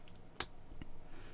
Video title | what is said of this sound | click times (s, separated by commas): YouDe UD VIE Pod Kit Review | and you'll hear it click into place so you know it's on right | 0.4 s